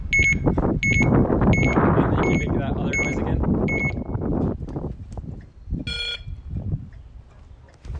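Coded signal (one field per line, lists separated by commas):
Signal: alarm pattern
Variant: mail truck warning beeper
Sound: repeated short high beeps about every 0.7 seconds, six heard, over outdoor noise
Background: outdoor vehicle noise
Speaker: my dog goes crazy with noises the mail truck I'm hoping to try and record the beeping that you do on my phone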